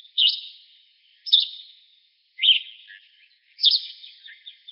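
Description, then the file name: Gray vireo calls: four harsh, buzzy notes spaced about 1.2 seconds apart, each fading into a brief trailing rasp. Recorded in Arizona on 29 June 2007. "VGVI Pollock"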